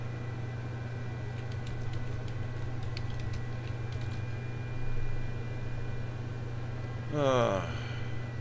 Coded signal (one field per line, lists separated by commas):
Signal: FT8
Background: speech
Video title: 🔴Breaking News, Weather Alerts, Scanners & Viewer Chat | StarShip Adventures | Riots Tornados & War